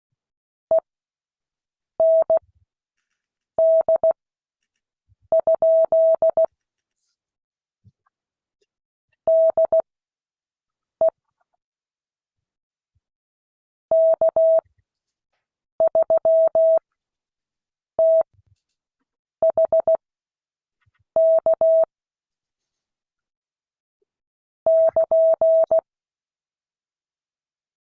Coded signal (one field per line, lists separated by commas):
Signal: Morse code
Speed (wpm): 16 wpm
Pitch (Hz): 650 Hz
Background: none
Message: END? DE K3THK <KN>